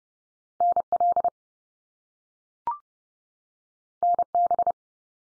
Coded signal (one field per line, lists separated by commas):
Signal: Morse code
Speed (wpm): 30 wpm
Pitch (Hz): 700 Hz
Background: none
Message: NL NB